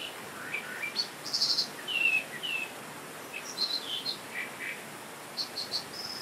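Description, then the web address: Dipper song: a scattered series of varied high chirps and short whistles, some buzzy, given irregularly against a constant rushing hiss. "sound Dippers. صدای-زیرآبروک"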